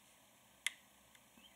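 The metal barrel sleeve of a Pulse 24 RDA by TonyB, a rebuildable dripping atomizer, is lined up on its deck and pushed down until it locks so it cannot turn. A sharp, bright click at 0.7 s marks the sleeve seating into its locked position, followed by a much fainter tick at 1.2 s over a quiet background.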